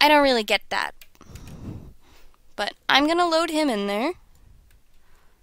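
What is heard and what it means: Someone talks while handling a small plastic chicken projectile to load it into a toy spring party cannon, with faint ticks and handling noises around 1.2–1.5 s. The projectile has not yet seated or clicked into the launcher by the end.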